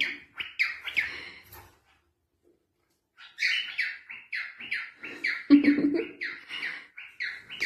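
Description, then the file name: Cockatiel giving rapid runs of harsh, squawky chirps, a pause of about a second and a half, then a longer steady series of similar chirps. "bodo bia aroos holandi"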